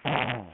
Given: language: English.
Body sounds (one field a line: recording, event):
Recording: throat vibration sensor signal played as sound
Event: throat clearing